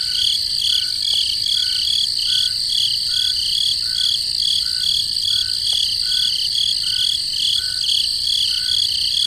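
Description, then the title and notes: Crickets chirping at night: a dense steady high trill layered with regular pulsed chirps and a lower rhythmic chirp, continuous throughout. Crickets in the forest at night. "Peaceful Cricket Sounds at Night. crickets in the forest at night"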